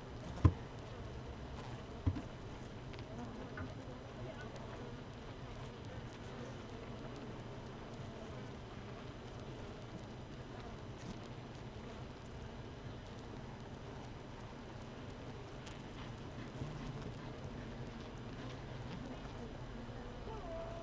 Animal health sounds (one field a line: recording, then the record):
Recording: honeybee colony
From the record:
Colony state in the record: missing queen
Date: 31 May 2018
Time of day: 15:59